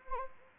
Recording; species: mosquito wingbeat signal from an infrared sensor; Anopheles arabiensis